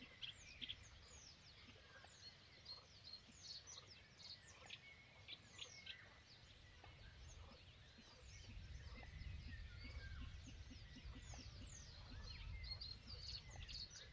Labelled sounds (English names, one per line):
Great Bittern